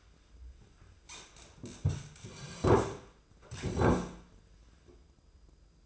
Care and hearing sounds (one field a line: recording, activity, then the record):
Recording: daily activity, microphone in the room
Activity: sit down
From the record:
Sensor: 2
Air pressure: 995.9 hPa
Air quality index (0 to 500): 241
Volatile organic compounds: 1000 ppm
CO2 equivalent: 5938 ppm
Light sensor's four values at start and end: 25/60/26/29 and 28/67/29/32